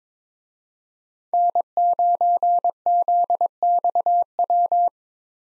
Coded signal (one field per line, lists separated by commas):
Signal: Morse code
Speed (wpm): 22 wpm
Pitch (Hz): 700 Hz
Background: none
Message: N9ZXW